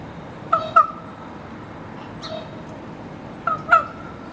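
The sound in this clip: Raven squawks: two pairs of short harmonic calls, one pair early and one near the end, with a faint call between, over steady background hiss.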